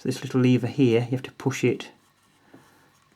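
Someone talks for about the first two seconds while starting to push the small metal aperture-indexing lever sideways on the lens mount of a Minolta XM (XK, X-1) 35mm film SLR camera; this lever reads the aperture off the lens for auto exposure. Faint, quiet handling sounds follow over low background noise, and the lever has not clicked into position yet.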